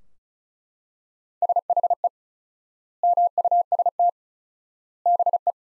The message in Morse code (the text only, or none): SHE MUST BE